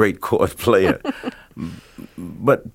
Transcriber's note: laughter